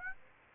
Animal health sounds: mosquito wingbeat signal from an infrared sensor; Aedes aegypti

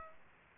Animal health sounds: mosquito wingbeat signal from an infrared sensor; Aedes aegypti

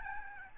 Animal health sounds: mosquito wingbeat signal from an infrared sensor; Aedes albopictus

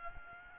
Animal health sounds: mosquito wingbeat signal from an infrared sensor; Aedes albopictus

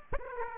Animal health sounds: mosquito wingbeat signal from an infrared sensor; Aedes aegypti

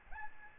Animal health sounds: mosquito wingbeat signal from an infrared sensor; Aedes albopictus

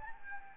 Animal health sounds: mosquito wingbeat signal from an infrared sensor; Anopheles gambiae

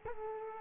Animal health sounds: mosquito wingbeat signal from an infrared sensor; Culex quinquefasciatus

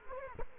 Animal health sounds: mosquito wingbeat signal from an infrared sensor; Culex quinquefasciatus

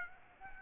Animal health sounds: mosquito wingbeat signal from an infrared sensor; Aedes aegypti

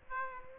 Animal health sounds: mosquito wingbeat signal from an infrared sensor; Aedes aegypti

